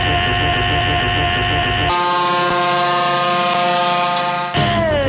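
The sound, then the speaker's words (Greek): Loud, sustained tractor horns blare continuously at a protest, layered tones overlapping and shifting partway through, with a steady low-pitched blast dominating before a brief dip and another horn surge. “Έχουν βγει στους δρόμους τα τρακτέρ σε 10 σημεία.”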